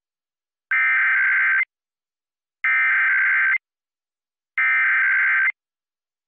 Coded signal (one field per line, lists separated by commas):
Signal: Emergency Alert System (SAME) tones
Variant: header bursts